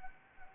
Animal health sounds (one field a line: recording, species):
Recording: mosquito wingbeat signal from an infrared sensor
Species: Anopheles gambiae